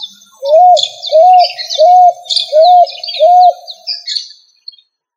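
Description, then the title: Pigeon call: five smooth, arched hooting notes in an even series, under higher twittering chirps from other birds. "ColumbidaePomba"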